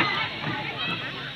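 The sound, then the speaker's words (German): Children squeal with joy and shout amid steady splashing water in a swimming pool, a continuous bright wash of pool noise with a few high, excited voices rising out of the babble. “Das Quietschen von Kindern im Schwimmbad vor Freude?”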